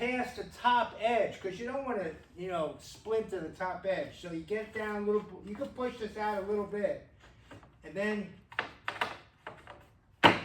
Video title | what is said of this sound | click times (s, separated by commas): House Bed Assembly, Roof and Slats | it will click in. | 8.6 s, 8.9 s